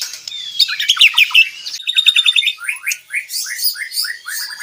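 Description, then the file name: White-rumped shama song: a fast, dense run of varied whistles and chirps, then a series of downslurred notes repeated in quick succession. Aceh variety, described as clear, vigorous and rapid, dense singing. "Suara Jernih murai aceh gacor speed rapat"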